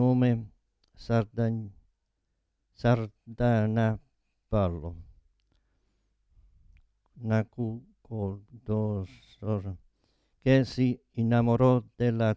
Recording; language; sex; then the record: read passage; Italian; male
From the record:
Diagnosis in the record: Parkinson's disease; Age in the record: 72 years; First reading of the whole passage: 118 s, 4.4 characters per second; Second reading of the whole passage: 99 s, 5.2 characters per second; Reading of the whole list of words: 88 s, 3.2 characters per second